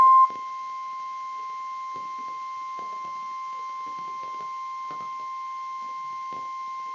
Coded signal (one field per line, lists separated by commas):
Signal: Emergency Alert System (SAME) tones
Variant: 1050 Hz attention tone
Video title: severe thunderstorm warning in New York (eas 27)